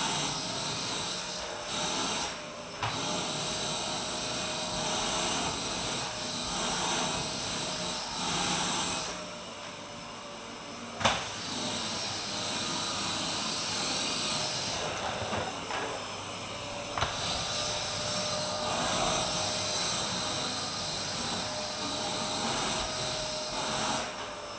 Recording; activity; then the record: daily activity, microphone in the room; vacuum cleaning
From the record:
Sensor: 2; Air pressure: 1001.8 hPa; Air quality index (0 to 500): 248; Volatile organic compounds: 39 ppm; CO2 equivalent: 3130 ppm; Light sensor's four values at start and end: 8/27/10/10 and 8/27/10/10